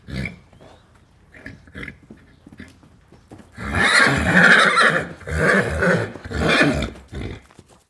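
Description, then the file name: Arabian horse gives loud, rough neighs in several bursts over the second half, after quieter short sounds. "sound ex machina Arabian horse neighing loud"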